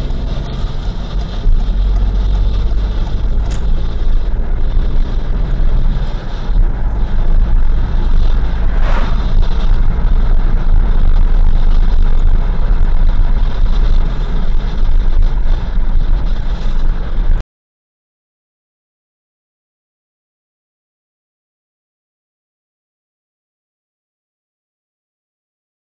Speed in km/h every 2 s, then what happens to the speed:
41, 50, 57, 64, 67, 67, 61, 55, 53, 52, 55, 54, 50.
0-8 speeds up to 67. 8-17 slows to 52.